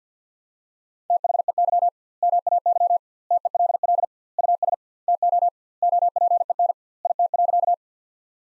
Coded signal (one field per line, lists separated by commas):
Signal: Morse code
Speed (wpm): 50 wpm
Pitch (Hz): 700 Hz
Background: none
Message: THEY MAY TELL US TO OPEN IT.